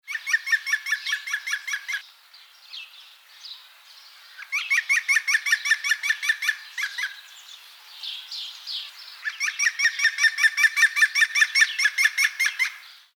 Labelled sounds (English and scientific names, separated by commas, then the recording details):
European Green Woodpecker (Picus viridis)
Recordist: Tembrock, Günter
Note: Rufreihen